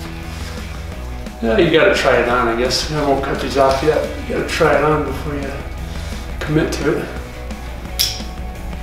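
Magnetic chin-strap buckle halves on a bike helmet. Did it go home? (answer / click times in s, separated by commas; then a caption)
yes / 8.0 s. Someone talks while fastening the magnetic chin-strap buckle on a Fox Speedframe Pro MTB helmet, bringing the two magnet halves together because the buckle uses magnets rather than a clicking latch. The halves snap shut with a sharp, short snap at 8.0 s, followed by a fainter tick at 8.7 s, and the buckle is seated.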